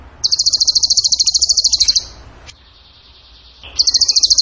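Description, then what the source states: Bird song: a fast, sharp, very high trill of about two seconds, a soft faint note, then a second rapid trill starting. Tembakan gacor song style, used as masteran to train other songbirds.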